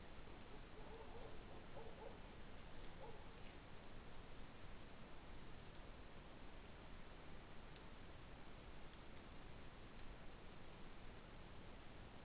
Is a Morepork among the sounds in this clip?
no